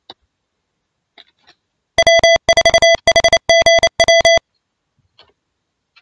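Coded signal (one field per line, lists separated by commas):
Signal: Morse code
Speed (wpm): 28 wpm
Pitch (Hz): 670 Hz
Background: music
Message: W4HGW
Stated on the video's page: Home training for high-speed radiotelegraphy sport using RUFZ software.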